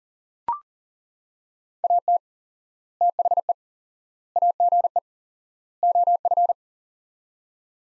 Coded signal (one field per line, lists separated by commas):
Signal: Morse code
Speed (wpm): 37 wpm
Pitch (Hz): 700 Hz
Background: none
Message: AT THE AGE OF